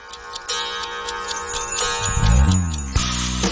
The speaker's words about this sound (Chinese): 是啦，一啲滴答滴答嘅声听到吗？初头就好细声嘅。